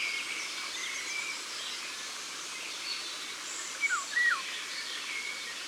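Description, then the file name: Eurasian golden oriole delivering a single mellow whistled phrase of falling slides, amid faint high chirps from other birds. Ardèche, France. "Loriot-d Europe-Concerts-Naturels-De-l Ardeche"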